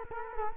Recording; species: mosquito wingbeat signal from an infrared sensor; Culex quinquefasciatus